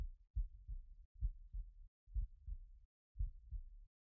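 Soft, deep thumps come in paired lub-dub beats, about four in four seconds, roughly 60–65 a minute. The rhythm is steady and regular, heard muffled through the chest wall of an adult during a close hug.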